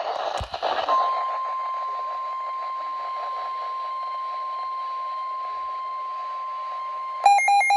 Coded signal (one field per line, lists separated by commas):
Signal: Emergency Alert System (SAME) tones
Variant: 1050 Hz attention tone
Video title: Absolute Monstrosity 3… Helene's Terror Across Florida. (EAS Alerts from: 9/24/24-9/26/24)